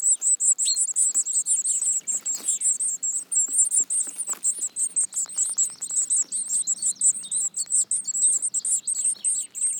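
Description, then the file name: Eurasian blue tit calls: a loud, continuous chatter of very high, thin chirps packed closely together, with a few lower notes mixed in. "Cyanistes caeruleus"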